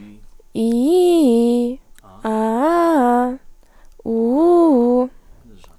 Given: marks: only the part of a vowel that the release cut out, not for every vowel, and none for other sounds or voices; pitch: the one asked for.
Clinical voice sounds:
sustained vowels; female; 20 to 29 years; 0; 0; 0
0.65-1.60 s: vowel /i/, low-high-low pitch
2.32-3.26 s: vowel /a/, low-high-low pitch
4.14-5.00 s: vowel /u/, low-high-low pitch
From the record:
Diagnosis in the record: healthy voice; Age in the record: 20 years

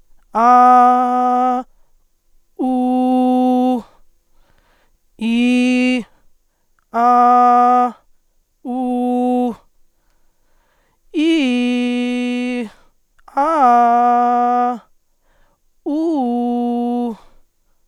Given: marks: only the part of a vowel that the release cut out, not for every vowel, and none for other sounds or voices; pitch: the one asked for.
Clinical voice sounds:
sustained vowels; male; 20 to 29 years; 1; 1; 1
0.47-1.51 s: vowel /a/, high pitch
2.69-3.73 s: vowel /u/, high pitch
5.26-5.95 s: vowel /i/, low pitch
7.01-7.83 s: vowel /a/, low pitch
8.72-9.45 s: vowel /u/, low pitch
11.21-12.50 s: vowel /i/, low-high-low pitch
13.44-14.64 s: vowel /a/, low-high-low pitch
15.93-17.05 s: vowel /u/, low-high-low pitch
From the record:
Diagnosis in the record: functional dysphonia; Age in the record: 22 years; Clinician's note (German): Z.B. Mutationsfistelstimme

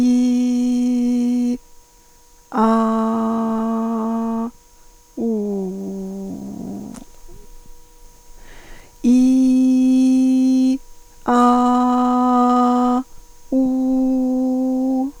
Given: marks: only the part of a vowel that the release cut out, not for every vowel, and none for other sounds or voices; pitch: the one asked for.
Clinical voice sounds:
sustained vowels; female; 40 to 49 years; 2; 0; 2
0.00-1.50 s: vowel /i/, normal pitch
2.67-4.37 s: vowel /a/, normal pitch
5.29-6.11 s: vowel /u/, normal pitch
9.28-10.69 s: vowel /i/, high pitch
11.47-12.91 s: vowel /a/, high pitch
13.67-14.99 s: vowel /u/, high pitch
From the record:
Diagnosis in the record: dysphonia, dysodia (singing voice disorder); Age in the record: 47 years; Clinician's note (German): Multifaktoriell

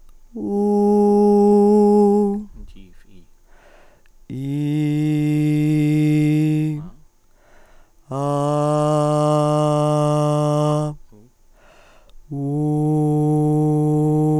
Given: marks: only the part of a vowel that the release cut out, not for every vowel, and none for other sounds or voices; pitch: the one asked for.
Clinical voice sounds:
sustained vowels; female; 20 to 29 years; 2; 2; 0
0.61-1.96 s: vowel /u/, high pitch
4.77-6.64 s: vowel /i/, low pitch
9.82-10.78 s: vowel /a/, low pitch
12.63-13.86 s: vowel /u/, low pitch
From the record:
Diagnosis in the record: psychogenic dysphonia, hyperfunctional dysphonia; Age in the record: 29 years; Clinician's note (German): Zweitaufnahme nach logop. Therapie

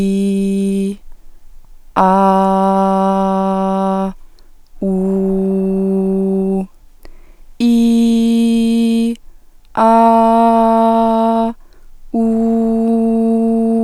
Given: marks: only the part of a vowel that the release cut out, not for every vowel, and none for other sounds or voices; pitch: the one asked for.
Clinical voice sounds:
sustained vowels; female; 20 to 29 years; 1; 0; 0
0.00-0.78 s: vowel /i/, normal pitch
2.66-3.88 s: vowel /a/, normal pitch
5.36-6.48 s: vowel /u/, normal pitch
8.06-8.99 s: vowel /i/, high pitch
10.14-10.90 s: vowel /a/, high pitch
12.23-13.07 s: vowel /u/, high pitch
From the record:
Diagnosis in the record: healthy voice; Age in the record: 23 years

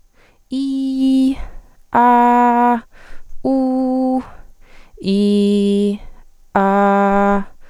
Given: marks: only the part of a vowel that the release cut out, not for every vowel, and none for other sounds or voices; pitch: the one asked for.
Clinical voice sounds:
sustained vowels; female; 20 to 29 years; 0; 0; 0
0.61-1.25 s: vowel /i/, high pitch
2.07-2.71 s: vowel /a/, high pitch
3.49-4.09 s: vowel /u/, high pitch
5.14-5.86 s: vowel /i/, low pitch
6.62-7.34 s: vowel /a/, low pitch
From the record:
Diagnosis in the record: healthy voice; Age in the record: 22 years

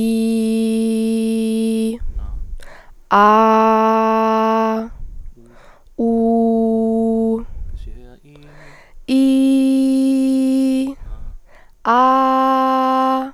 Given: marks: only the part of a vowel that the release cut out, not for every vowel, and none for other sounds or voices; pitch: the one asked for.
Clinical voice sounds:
sustained vowels; female; 20 to 29 years; 0; 0; 0
0.00-1.79 s: vowel /i/, normal pitch
3.31-4.72 s: vowel /a/, normal pitch
6.05-7.31 s: vowel /u/, normal pitch
9.18-10.79 s: vowel /i/, high pitch
11.94-12.69 s: vowel /a/, high pitch
From the record:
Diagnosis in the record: healthy voice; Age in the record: 22 years

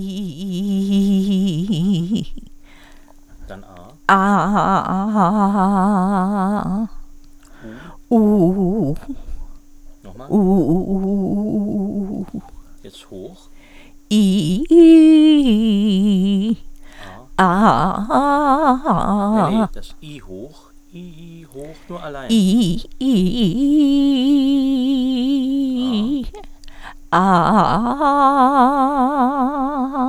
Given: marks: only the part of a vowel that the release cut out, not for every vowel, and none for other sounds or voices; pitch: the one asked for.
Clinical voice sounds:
sustained vowels; female; 60 to 69 years; 3; 1; 0
0.00-1.97 s: vowel /i/, normal pitch
4.34-6.33 s: vowel /a/, normal pitch
10.40-12.00 s: vowel /u/, normal pitch
23.77-25.75 s: vowel /i/, high pitch
27.61-29.59 s: vowel /a/, high pitch
From the record:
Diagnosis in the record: bulbar palsy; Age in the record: 69 years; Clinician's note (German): Verdacht auf Bulbärparalyse

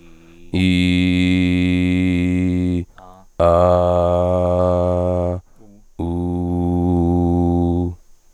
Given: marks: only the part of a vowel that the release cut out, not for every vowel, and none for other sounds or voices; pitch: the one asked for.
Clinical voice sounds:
sustained vowels; male; 20 to 29 years; 2; 2; 0
0.78-2.75 s: vowel /i/, low pitch
3.83-5.26 s: vowel /a/, low pitch
6.11-7.84 s: vowel /u/, low pitch
From the record:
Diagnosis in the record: hyperfunctional dysphonia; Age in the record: 26 years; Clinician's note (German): Leicht ödematöse Stimmlippen, Gesangstechnik

